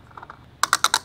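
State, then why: Torque reached. A new gas cap is screwed by hand onto the fuel filler neck of a vehicle with a 1.8-liter engine, replacing the original cap whose gasket is ripped and torn, because of an evap leak code. Faint soft turning sounds come first, then the cap's torque-limiting ratchet gives four sharp clicks at 0.6, 0.7, 0.8 and 0.9 seconds, showing it is tight.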